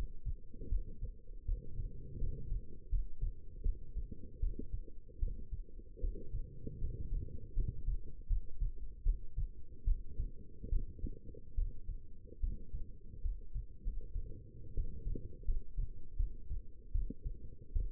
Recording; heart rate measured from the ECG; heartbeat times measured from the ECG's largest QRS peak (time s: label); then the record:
heart sounds by stethoscope; 77 bpm
0.69 s: heartbeat
1.45 s: heartbeat
2.18 s: heartbeat
2.89 s: heartbeat
3.62 s: heartbeat
4.40 s: heartbeat
5.19 s: heartbeat
6.00 s: heartbeat
6.78 s: heartbeat
7.53 s: heartbeat
8.27 s: heartbeat
9.03 s: heartbeat
9.84 s: heartbeat
10.69 s: heartbeat
11.55 s: heartbeat
12.40 s: heartbeat
13.22 s: heartbeat
13.84 s: heartbeat
14.74 s: heartbeat
15.44 s: heartbeat
16.16 s: heartbeat
16.92 s: heartbeat
17.72 s: heartbeat
From the record:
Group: healthy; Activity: rest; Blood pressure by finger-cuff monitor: 105/62 mmHg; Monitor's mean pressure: 74 mmHg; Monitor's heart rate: 79 bpm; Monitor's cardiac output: 6.7 L/min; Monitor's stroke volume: 88 mL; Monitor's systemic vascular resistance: 770 dyn s/cm5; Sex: female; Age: 22 years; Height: 171 cm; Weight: 65.6 kg